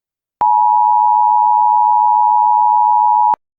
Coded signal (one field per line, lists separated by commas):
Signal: Emergency Alert System (SAME) tones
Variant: 853 and 960 Hz attention tone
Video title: EAS Scenario: Paranormalia [FULL MOVIE]